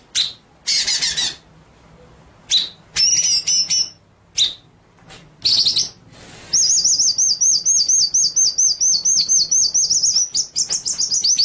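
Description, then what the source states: White-rumped shama singing harsh bursts and chips, then a long, high, rapidly warbling whistled trill that rises and falls continuously. Masteran training track of rolling (ngerol) and sharp, shooting (nembak) song.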